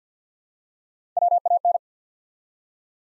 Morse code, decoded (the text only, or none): WAN